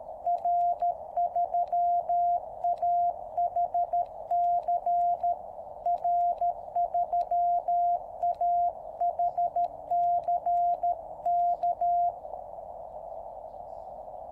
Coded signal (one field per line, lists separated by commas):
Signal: Morse code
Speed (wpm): 13 wpm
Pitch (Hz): 690 Hz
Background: radio noise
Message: R3AHC R3AHC K